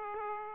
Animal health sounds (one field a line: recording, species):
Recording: mosquito wingbeat signal from an infrared sensor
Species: Aedes aegypti